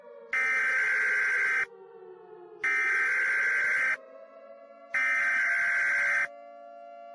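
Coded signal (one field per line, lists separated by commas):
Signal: Emergency Alert System (SAME) tones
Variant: header bursts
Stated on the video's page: Fictional EAS scenario, a simulated Christmas special about Nibiru.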